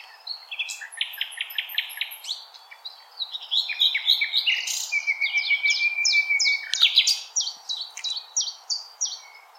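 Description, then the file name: Common nightingale song: varied phrases of repeated down-slurred notes, a long pure whistle held midway, then rapid rattling series of sharp high notes. Recorded 16 April 2021. "Nightingale-210416"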